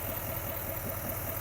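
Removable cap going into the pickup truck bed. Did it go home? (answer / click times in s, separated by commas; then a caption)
no / none. A removable cap in the bed of a 2021 Silverado 2500HD High Country diesel pickup is held one-handed and lined up to go back in before being turned. A steady low engine-like hum runs throughout with no distinct impacts. Nothing has seated or clicked yet.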